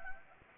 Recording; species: mosquito wingbeat signal from an infrared sensor; Anopheles gambiae